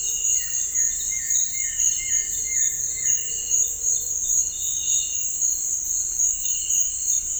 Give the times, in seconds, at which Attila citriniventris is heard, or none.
none